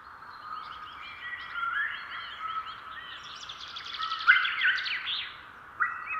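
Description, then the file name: Eurasian jay calls: scattered tonal notes, then a rapid buzzy chatter in the middle and a short harsh note near the end. "Garrulus glandarius"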